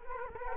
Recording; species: mosquito wingbeat signal from an infrared sensor; Culex quinquefasciatus